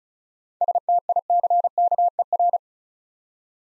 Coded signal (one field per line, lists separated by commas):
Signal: Morse code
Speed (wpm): 36 wpm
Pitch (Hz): 700 Hz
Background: none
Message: STICKER